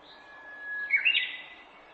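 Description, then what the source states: Japanese bush warbler song: a drawn-out steady whistle followed by a brief, loud, rising and twisting flourish. Recorded on 18 April 2008.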